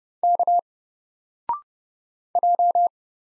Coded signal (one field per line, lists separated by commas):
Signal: Morse code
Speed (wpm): 30 wpm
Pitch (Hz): 700 Hz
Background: none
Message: K J